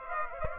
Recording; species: mosquito wingbeat signal from an infrared sensor; Aedes aegypti